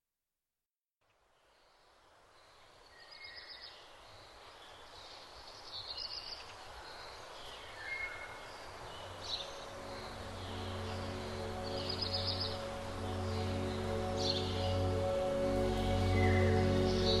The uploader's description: The sound of the Sunrise